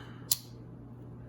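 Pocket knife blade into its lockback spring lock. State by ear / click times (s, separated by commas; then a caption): seated / 0.3 s. The blade of an old Parker Cutlery Co. Desperado dagger lockback pocket knife with a coffin-shaped Appaloosa bone handle, long kept in a drawer, is swung open until its spring-loaded back lock snaps into place. A single sharp, bright click is heard at 0.3 s over a faint steady low hum. The lock seats with a good snap and tight lock-up.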